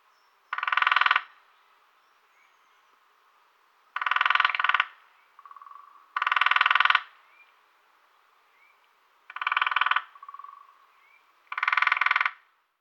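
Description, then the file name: Lesser spotted woodpecker drumming in five short, rapid rolls at irregular intervals. "Kleinspecht"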